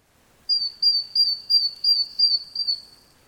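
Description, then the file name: Great tit, a string of seven steady high thin whistled notes in quick even succession, lasting a little over two seconds, with faint background hiss. "Parus major"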